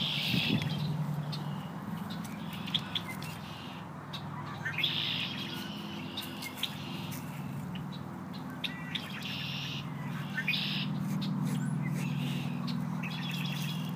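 A bird sings repeated brief trilled phrases, high and buzzy, with pauses between them, over a continuous low rumbling background.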